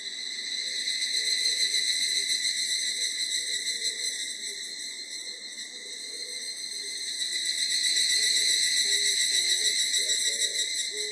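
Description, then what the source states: Evening cicada song, a continuous shrill, finely pulsing ringing trill that swells, dips slightly in the middle, then swells again. Recorded 24 July 1999; Japanese name higurashi.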